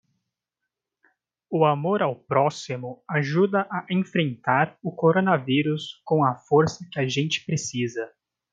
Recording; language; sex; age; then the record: spoken sentence; Brazilian Portuguese; male; 20 to 29 years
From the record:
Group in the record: control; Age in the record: 20 years